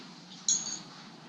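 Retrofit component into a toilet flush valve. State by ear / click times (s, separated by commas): seated / 0.5 s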